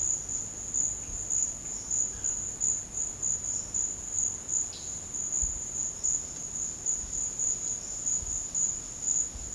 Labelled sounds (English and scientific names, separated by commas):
none